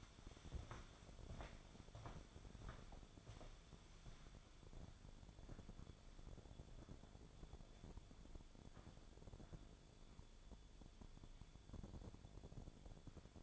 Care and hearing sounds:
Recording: daily activity, microphone in the room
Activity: walk to room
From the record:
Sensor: 5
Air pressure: 1000.0 hPa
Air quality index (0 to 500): 87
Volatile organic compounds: 1 ppm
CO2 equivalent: 718 ppm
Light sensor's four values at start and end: 343/824/354/401 and 334/831/348/389

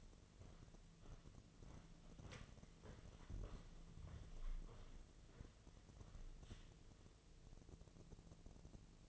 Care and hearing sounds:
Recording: daily activity, microphone in the room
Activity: walk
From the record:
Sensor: 4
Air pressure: 1006.4 hPa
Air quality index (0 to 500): 83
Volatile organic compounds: 2 ppm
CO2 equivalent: 1031 ppm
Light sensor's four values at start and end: 12/27/10/10 and 12/27/10/10

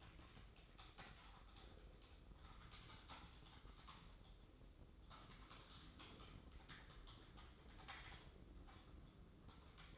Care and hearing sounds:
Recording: daily activity, microphone in the room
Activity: typing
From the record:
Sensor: 3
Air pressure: 995.3 hPa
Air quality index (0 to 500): 78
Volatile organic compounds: 6 ppm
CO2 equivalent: 1845 ppm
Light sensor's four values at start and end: 18/55/22/20 and 18/56/23/20

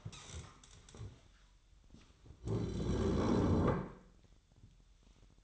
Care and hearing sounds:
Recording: daily activity, microphone in the room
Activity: stand up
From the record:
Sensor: 3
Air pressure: 1001.9 hPa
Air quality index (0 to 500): 247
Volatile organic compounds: 124 ppm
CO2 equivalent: 3896 ppm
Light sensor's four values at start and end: 8/19/8/8 and 9/21/9/9

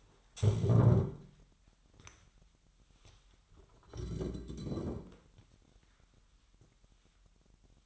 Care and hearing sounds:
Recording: daily activity, microphone in the room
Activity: stand up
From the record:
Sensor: 3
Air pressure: 998.6 hPa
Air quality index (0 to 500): 127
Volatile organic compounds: 3 ppm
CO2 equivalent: 1516 ppm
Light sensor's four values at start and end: 8/19/8/8 and 8/18/8/9

